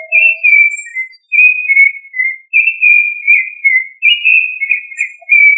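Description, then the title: Thrush singing a steady run of rich whistled phrases, each slurred and wavering, given back to back with brief pauses between. "Familia Turdidae - Sabia"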